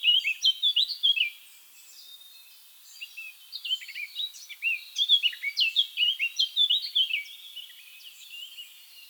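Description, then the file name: Eurasian blackcap song: fast, loud warbling phrases of varied whistled and scratchy notes in two bursts separated by a brief pause. "Sylvia atricapilla"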